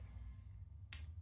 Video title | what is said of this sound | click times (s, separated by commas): How to Remove Back Cover on Any LOUIE JUELEN Quartz 5ATM Wrist Watch L-541 L9284 579 REPLACE BATTERY | You just push it and you'll hear a snap. | 0.9 s